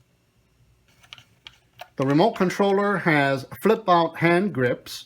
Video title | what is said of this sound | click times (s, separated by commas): LSRC LS38 Foldable 5G wifi EIS GPS RC Quadcopter RTF Review and Flight Test | slide it right back in push it in and it'll lock into place | 1.1 s, 1.5 s